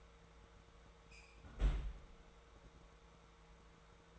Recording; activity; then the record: daily activity, microphone in the room; close fridge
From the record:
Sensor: 3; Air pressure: 1014.9 hPa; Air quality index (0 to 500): 200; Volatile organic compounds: 28 ppm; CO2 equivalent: 2922 ppm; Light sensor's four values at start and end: 37/91/39/42 and 32/81/34/37